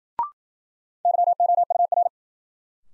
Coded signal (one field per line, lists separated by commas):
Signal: Morse code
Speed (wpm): 55 wpm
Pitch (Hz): 700 Hz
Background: none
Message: YOUR